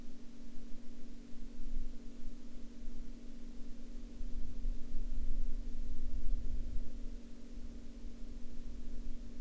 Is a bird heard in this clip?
no